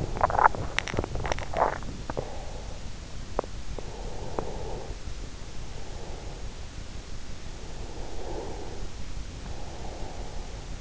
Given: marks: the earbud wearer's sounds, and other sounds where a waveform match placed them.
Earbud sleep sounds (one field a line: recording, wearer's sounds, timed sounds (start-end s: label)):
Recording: sounds in sleep by an in-ear microphone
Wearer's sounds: swallowing, breath, teeth grinding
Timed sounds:
0.00-1.91 s: swallowing
1.91-2.95 s: breath
3.21-3.70 s: teeth grinding
3.70-6.66 s: breath
7.27-10.81 s: breath